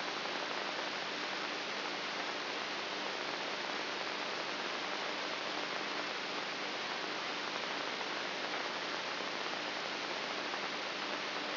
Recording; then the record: brain microelectrode recording played as sound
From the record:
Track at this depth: inside the subthalamic nucleus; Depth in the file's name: 5.64 mm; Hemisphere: right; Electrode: 3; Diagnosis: Parkinson's disease